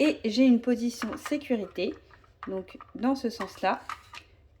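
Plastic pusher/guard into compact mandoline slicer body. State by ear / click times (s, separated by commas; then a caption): not seated / none. Someone talks while the plastic finger-guard pusher of a compact Tupperware Speedymando mandoline slicer is turned the other way and handled toward its safety storage position in the slicer body. Nothing has seated or clicked into place yet.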